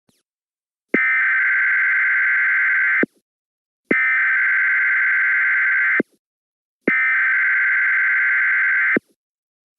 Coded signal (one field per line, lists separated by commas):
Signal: Emergency Alert System (SAME) tones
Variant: header bursts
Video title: EAS Mockup: Child Abduction Emergency for Ohio- 4/18/19